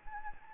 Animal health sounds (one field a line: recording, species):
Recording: mosquito wingbeat signal from an infrared sensor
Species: Anopheles gambiae